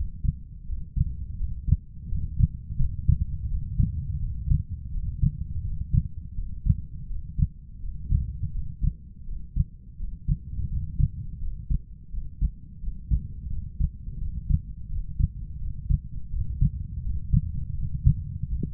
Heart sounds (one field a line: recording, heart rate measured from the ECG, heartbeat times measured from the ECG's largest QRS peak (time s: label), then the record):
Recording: heart sounds by stethoscope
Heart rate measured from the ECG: 84 bpm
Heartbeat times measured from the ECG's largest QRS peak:
0.67 s: heartbeat
1.38 s: heartbeat
2.10 s: heartbeat
2.79 s: heartbeat
3.50 s: heartbeat
4.21 s: heartbeat
4.93 s: heartbeat
5.64 s: heartbeat
6.36 s: heartbeat
7.09 s: heartbeat
7.81 s: heartbeat
8.53 s: heartbeat
9.26 s: heartbeat
9.98 s: heartbeat
10.69 s: heartbeat
11.41 s: heartbeat
12.12 s: heartbeat
12.81 s: heartbeat
13.50 s: heartbeat
14.20 s: heartbeat
14.90 s: heartbeat
15.60 s: heartbeat
16.31 s: heartbeat
17.03 s: heartbeat
17.75 s: heartbeat
18.49 s: heartbeat
From the record:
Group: healthy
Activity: breath hold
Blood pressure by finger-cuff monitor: 89/60 mmHg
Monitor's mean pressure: 71 mmHg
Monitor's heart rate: 84 bpm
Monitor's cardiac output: 6.1 L/min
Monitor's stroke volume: 72 mL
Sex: male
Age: 22 years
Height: 181 cm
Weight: 60 kg